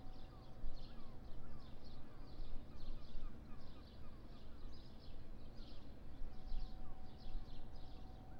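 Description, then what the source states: Birds chirping in quick repeated high bursts throughout, with a few descending whistled notes, over heavy low rumbling background noise and a steady hum. Morning at a riverside in Porto.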